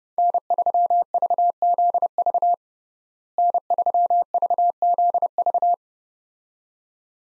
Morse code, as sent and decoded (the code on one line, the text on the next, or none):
-. ...-- ...- --.. ...- / -. ...-- ...- --.. ...-
N3VZV N3VZV